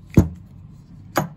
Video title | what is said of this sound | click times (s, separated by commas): testing Hdp50 with tuner barrel, sniper extension, suppressor, 12g c02 | boom locks into place | 1.2 s